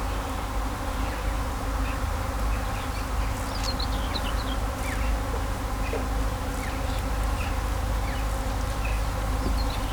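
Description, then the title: Bee: steady low buzzing of bees beneath a constant rumble, while small birds give thin, scattered chirps and short twittering notes. Bees buzzing in vineyards at Kallstadt, Germany, in rural countryside, with birds singing and road traffic noise. "In Kallstadt summen die Bienen"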